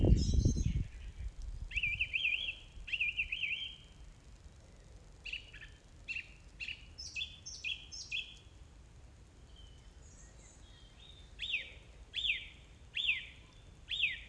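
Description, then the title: Song thrush song: bright whistled phrases doubled or tripled, alternating with sharp high notes, after a brief low thump at the start. Recorded 4 May 2021 at 20:35. "2021-05-04 20-35-13-Song-Thursh-4 th-May-2021"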